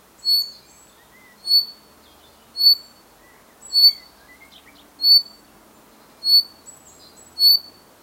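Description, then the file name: Common chaffinch giving short, sharp metallic call notes, repeated about once a second with steady rhythm; faint twittering of other birds in the background. "Fringilla coelebs"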